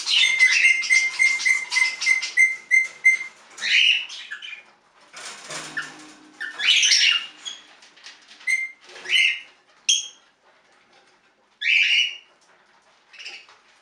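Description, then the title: Budgerigar chirping: a rapid series of high ticking notes, then scattered warbled chirps and squeaky bursts separated by short pauses. "Budgie Sounds"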